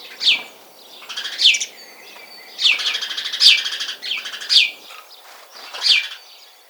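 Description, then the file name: House sparrow giving sharp, bright chirps spaced about a second apart, some joined by brief chattering runs. "Passer domesticus"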